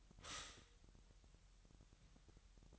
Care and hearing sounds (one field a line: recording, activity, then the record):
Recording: daily activity, microphone in the room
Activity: stop toaster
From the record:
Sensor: 3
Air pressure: 1001.9 hPa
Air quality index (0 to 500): 246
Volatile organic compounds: 49 ppm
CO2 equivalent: 3284 ppm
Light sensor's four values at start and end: 13/40/17/15 and 13/40/17/15